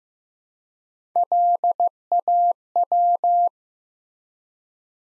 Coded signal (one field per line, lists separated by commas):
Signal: Morse code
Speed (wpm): 15 wpm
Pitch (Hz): 700 Hz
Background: none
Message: LAW